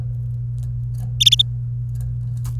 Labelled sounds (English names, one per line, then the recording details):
Domestic Canary song
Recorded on 27 April 2018 at 17:03
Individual llb3